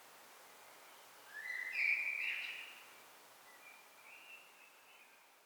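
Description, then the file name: Common blackbird giving a quieter, soft warbled phrase with a brief high squeak, followed by fainter fluty notes over a hiss of background noise. "Turdus merula"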